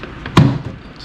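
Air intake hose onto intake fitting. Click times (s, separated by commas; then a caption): 0.4 s. On a 2nd-gen Dodge Ram (1994–2001) with the 5.2L or 5.9L engine, the air intake hose is pushed back onto its fitting at the throttle body or intake housing. A faint tap comes at 0.3 s, then a sharp snap with a low thud at 0.4 s, after which the sound fades away. The hose coupling clicks into place and is seated.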